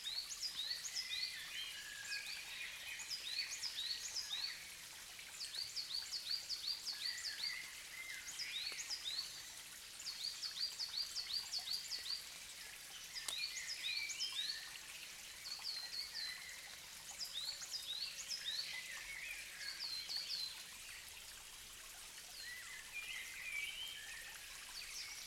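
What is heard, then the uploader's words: A dense dawn chorus of many birds chirps and trills almost without pause, high and bright, with quick repeated phrases in bursts every few seconds. Beneath it runs a steady, soft wash like falling water or a trickling stream, unchanging. I always love to combine dawn choruses with gentle streams. I set about finding a spot where I could leave my drop-rig (Zoom F6 + stereo set of Clippy EM272s) out safely. Walking a few metres up the hill so that the stream did not overwhelm the track, I set my mics just an inch or two inside a rotten crevice of the fallen tree.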